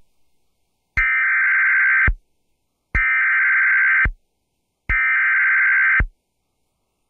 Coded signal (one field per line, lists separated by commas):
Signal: Emergency Alert System (SAME) tones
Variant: header bursts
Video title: Severe Thunderstorm Warning On WXRY-FM 99.3 7/8/22 [EAS #667]